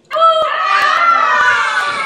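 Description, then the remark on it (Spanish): A circus audience screams together as the lights go out for the last act, in a loud, sustained, high-pitched chorus of overlapping voices that starts abruptly and holds steady for about two seconds, with a few sharp clicks underneath. “Si alguien le tiene miedo a la oscuridad, puede gritar ahora.”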